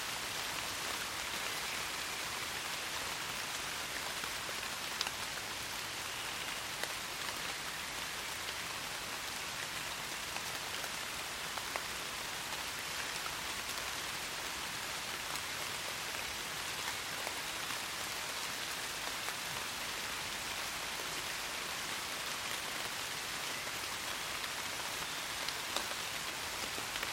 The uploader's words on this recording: Listen to gentle rain falling in a British forest. I recorded this soundscape using small microphones that I placed on trees under thick branches the middle of a British forest. Calm Rain In The Forest.